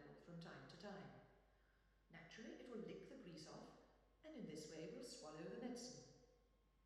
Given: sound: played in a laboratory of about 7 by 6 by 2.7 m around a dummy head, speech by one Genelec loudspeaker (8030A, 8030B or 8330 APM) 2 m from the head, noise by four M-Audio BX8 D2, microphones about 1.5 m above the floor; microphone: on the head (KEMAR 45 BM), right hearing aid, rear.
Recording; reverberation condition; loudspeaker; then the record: female speech in English; high; 90 degrees to the right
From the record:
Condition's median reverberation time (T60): about 1300 ms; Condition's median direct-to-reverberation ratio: about -4.0 dB